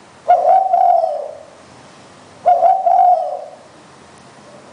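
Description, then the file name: Spotted Dove coos: two loud, low hollow phrases, each opening with a brief stutter and ending in a falling drawl, about two seconds apart. "นกเขาใหญ่"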